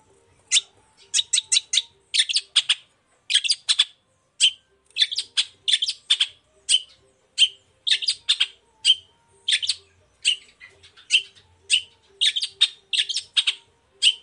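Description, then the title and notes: Long-tailed shrike song: bursts of sharp, high chirps delivered in quick clusters, repeating steadily throughout. Shrike recorded in the morning, singing varied 'toet toet' phrases; used as a lure to provoke other shrikes into answering. "Cendet Gacor Dor Di Kala Pagi Toet Toet Variasi Suara. Pancingan Emosi Cendet Gacor Full Variasi Toet Toet Bikin Nyaut Cendet Lain Langsung Ikutan Bunyi. Burung cendet"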